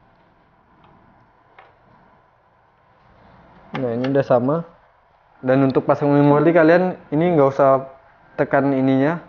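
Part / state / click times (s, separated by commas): memory module into motherboard DIMM slot / not seated / none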